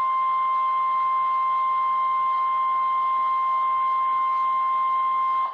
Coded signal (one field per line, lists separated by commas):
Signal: Emergency Alert System (SAME) tones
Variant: 1050 Hz attention tone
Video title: Required weekly test on my radios